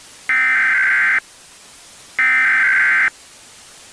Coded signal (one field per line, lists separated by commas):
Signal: Emergency Alert System (SAME) tones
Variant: header bursts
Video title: *VALID TONES* EAS Scenario: Weather Disaster